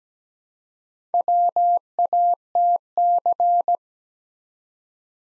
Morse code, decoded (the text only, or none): WATC